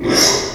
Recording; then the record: squeal of a Yucatan mini pig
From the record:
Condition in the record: before surgery on the right vocal fold (resection and tissue-engineered implant); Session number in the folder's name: 1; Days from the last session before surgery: -3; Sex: male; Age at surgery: 12 weeks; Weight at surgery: 13 kg